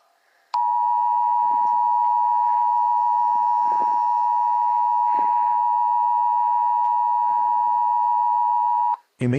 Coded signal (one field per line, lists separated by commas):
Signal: Emergency Alert System (SAME) tones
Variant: 853 and 960 Hz attention tone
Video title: EAS Scenario 1:Blood Cats